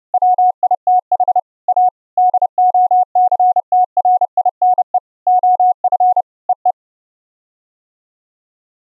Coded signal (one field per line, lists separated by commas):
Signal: Morse code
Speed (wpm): 30 wpm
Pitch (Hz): 730 Hz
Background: none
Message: WITH A DOCTRINE OF EE